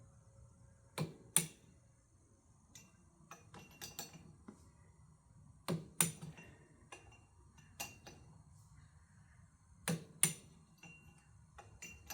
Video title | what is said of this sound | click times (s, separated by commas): Adding 3 inch rear wheel spacers to John Deere 3046R tractor 🚜 | If not, where I'm stopping is making a click noise. | 1.4 s, 6.0 s, 10.2 s